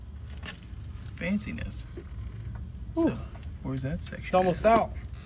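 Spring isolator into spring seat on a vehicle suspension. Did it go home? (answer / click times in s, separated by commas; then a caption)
no / none. A spring isolator is handled at the spring seat of a Dodge Durango's suspension while new shocks and springs are being installed, with a few light handling taps and scrapes as someone talks. The keyed isolator is meant to twist-lock into its seat, but nothing has seated or clicked yet.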